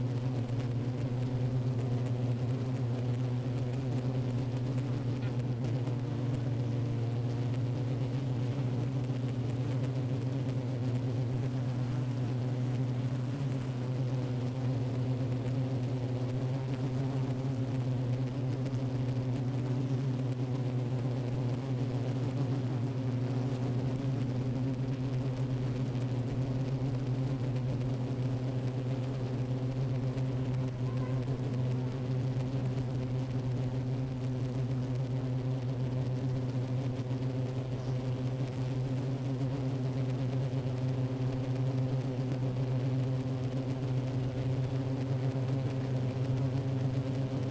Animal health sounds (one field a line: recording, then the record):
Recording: honeybee colony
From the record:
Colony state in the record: active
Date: 28 July 2017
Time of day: 11:20